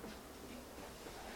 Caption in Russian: Это когда сосуды забиты. Вот когда бабушки-то жалуются, шум-то в ушах. Шум в ушах из-за сосудистой сетки. Шуршание, да, больше? А тут где-то вот низко.